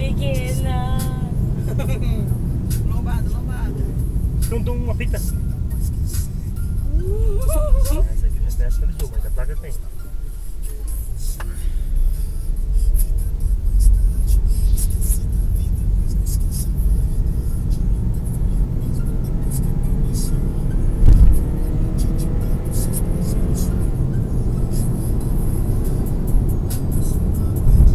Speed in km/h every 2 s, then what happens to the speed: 69, 55, 43, 31, 15, 15, 26, 38, 49, 61, 73, 84, 91, 95.
0-8 brakes to 15. 10-28 speeds up to 95.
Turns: none.